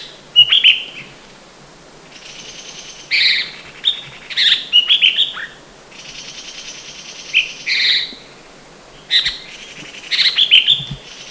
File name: Chestnut Bulbul Ssp Canipennis Call Guangxi Da Yoa Shan